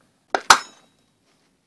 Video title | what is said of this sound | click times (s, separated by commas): New Moe-Joe Cell Assembly Instruction Video | got a nice snap there | 0.3 s, 0.5 s